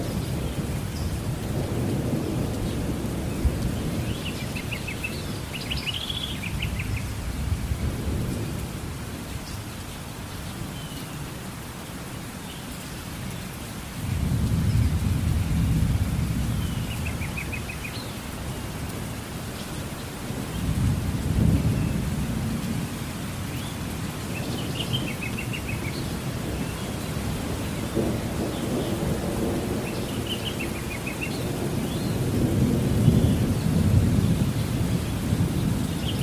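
A thunderstorm rolls on with deep, rumbling swells of thunder that rise and fade every several seconds, loudest around 14 and 33 seconds. A steady hiss of rain fills the background, and brief bird chirps break through at intervals above the storm.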